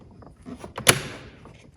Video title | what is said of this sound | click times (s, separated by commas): Chevy Malibu Door Mirror Replacement / Removal - How To | you hear a nice audible click and you can go ahead and just test the door handle make sure that works as it should | 0.9 s